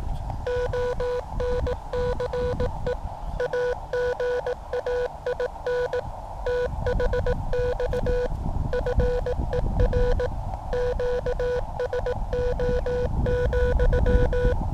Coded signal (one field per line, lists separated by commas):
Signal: Morse code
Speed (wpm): 18 wpm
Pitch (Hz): 490 Hz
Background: none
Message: ONCE AGAIN THX FER QSO,